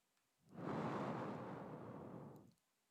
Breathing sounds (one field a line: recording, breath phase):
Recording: one breath near a microphone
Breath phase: exhalation